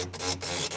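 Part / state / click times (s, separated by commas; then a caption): fuel pump retaining lock ring into fuel tank opening / not seated / none. A pry bar works the retaining lock ring of a Toyota fuel pump assembly back into position on the fuel tank opening after the ring moved. Steady broadband scraping and rasping fills the clip, with a brief sharp sound at about 0.1 s. Nothing has seated or clicked yet; the ring is still being handled.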